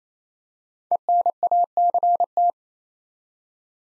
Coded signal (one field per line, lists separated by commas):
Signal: Morse code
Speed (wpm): 27 wpm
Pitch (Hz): 700 Hz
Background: none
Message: ENACT